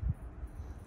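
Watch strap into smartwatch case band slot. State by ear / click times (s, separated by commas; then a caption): not seated / none. A watch strap is being slid toward the band slot on an Apple Watch Series 7 case, heard as soft low handling noise with a brief low thump near the start. Nothing has seated or clicked yet.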